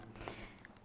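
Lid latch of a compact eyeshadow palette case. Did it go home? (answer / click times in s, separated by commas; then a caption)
released / 0.3 s. The lid latch of a small plastic compact eyeshadow palette case is popped open by hand, giving a sharp click at 0.3 s among faint handling taps. The latch releases and the lid opens.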